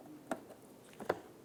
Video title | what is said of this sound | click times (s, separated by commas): How to Replace Parking Assist Sensor 2010-2016 Cadillac SRX | push that on you'll hear it click press in your lock safety tab | 1.1 s